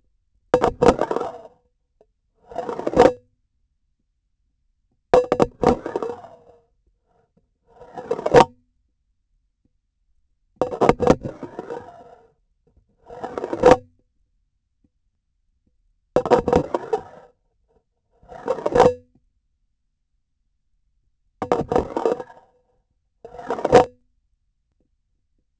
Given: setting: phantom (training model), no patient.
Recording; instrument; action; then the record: laparoscopic instrument, vibration sensor on the handle end; grasping forceps; insertion and removal through the trocar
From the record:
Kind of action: spatial motion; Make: Olympus